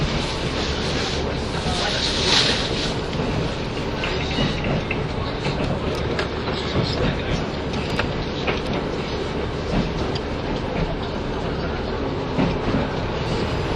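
Running sound of a train between Nagoya and Toyama: a steady, dense low rumble with faint rhythmic clacks and occasional light rattles throughout.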